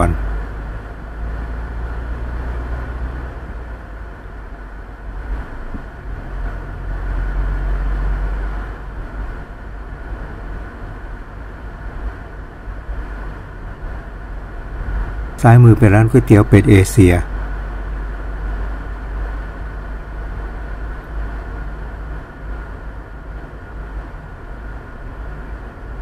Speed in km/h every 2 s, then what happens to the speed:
26, 31, 32, 34, 36, 37, 36, 36, 36, 37, 37, 38, 39.
0-7 speeds up to 36. 7-26 steady at about 37.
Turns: none.